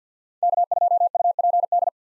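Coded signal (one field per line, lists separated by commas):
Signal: Morse code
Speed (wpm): 50 wpm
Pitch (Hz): 700 Hz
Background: none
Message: K2UPD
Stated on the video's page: Morse call sign head-copy drill at 50 wpm: common POTA hunter call signs, each sent, then sent again.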